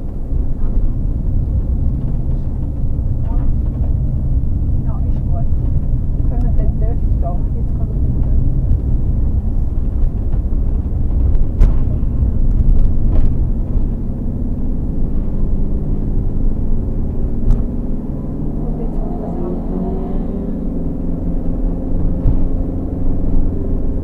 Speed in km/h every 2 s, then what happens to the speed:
33, 27, 20, 22, 24, 29, 33, 37, 40, 44, 46, 46.
0-5 slows to 20. 5-19 speeds up to 46.